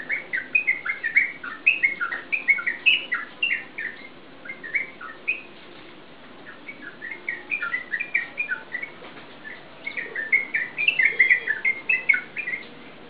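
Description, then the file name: Yellow-vented bulbul chattering in fast bursts of bubbly notes, with a quieter stretch midway before the rapid phrases resume strongly. Song in ropel style. "suara burung trucukan suara ropel"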